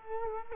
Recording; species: mosquito wingbeat signal from an infrared sensor; Culex quinquefasciatus